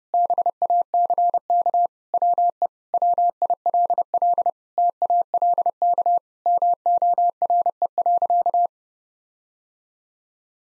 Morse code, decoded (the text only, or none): BACK WE WILL TALK MORE.